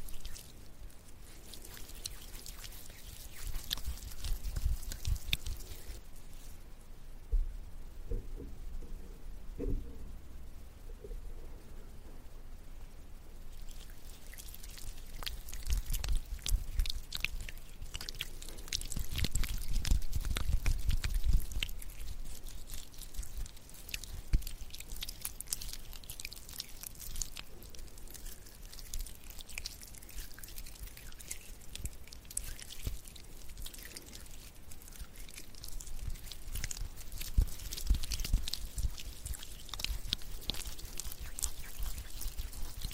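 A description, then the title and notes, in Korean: Body cream being rubbed on, with wet, sticky squelches and dense crackly clicks running through most of the clip. The sound eases off briefly around seven to thirteen seconds, leaving a soft low murmur, then the slick rubbing returns, fuller near twenty seconds. 바디크림 바르는 소리.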